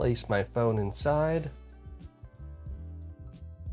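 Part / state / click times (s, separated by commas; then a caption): smartphone into aluminium video cage / not seated / none. A smartphone is being handled into an aluminium video cage with silicone padding, a PGYTECH ProShot phone cage for an iPhone 17 Pro Max, as someone talks over soft background music. Nothing has seated or clicked yet, as the clip ends before the cage clamps close on the phone.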